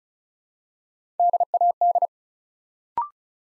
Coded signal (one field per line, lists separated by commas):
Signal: Morse code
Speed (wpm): 36 wpm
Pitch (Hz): 700 Hz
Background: none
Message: DAD